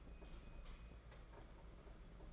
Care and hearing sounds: daily activity, microphone in the room; light off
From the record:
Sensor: 5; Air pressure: 992.0 hPa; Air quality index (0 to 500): 202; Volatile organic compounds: 1000 ppm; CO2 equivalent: 5832 ppm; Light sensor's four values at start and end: 8/20/8/8 and 8/19/7/8

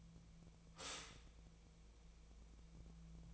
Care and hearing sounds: daily activity, microphone in the room; stop toaster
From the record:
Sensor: 1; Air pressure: 1000.3 hPa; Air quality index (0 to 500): 156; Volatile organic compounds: 3 ppm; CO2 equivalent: 1459 ppm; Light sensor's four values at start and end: 30/74/31/37 and 30/74/31/37

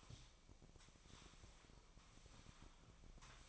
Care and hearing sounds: daily activity, microphone in the room; sweep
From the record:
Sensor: 1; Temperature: 24.4 degrees Celsius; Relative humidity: 39.3%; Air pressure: 1003.1 hPa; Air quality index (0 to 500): 197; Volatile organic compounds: 6 ppm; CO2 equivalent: 1887 ppm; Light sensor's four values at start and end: 13/31/13/15 and 13/31/13/15

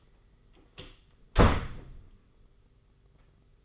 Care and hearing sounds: daily activity, microphone in the room; close door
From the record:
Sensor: 4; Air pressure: 991.3 hPa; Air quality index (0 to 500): 134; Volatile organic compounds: 47 ppm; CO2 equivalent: 3250 ppm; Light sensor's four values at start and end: 14/34/13/15 and 9/21/8/9

